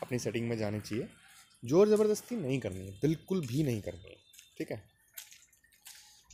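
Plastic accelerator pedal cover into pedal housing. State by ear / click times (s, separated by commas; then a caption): seated / 5.2 s. Someone talks while refitting the plastic cover of a Renault Kwid accelerator pedal, pushing its locking tabs back into the pedal housing during a pedal repair. A sharp click at 5.2 s shows the cover has locked into the housing and kept its position, followed by a few faint taps.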